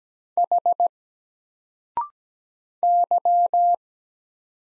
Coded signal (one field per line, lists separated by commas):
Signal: Morse code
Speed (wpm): 17 wpm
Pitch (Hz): 700 Hz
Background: none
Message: H Y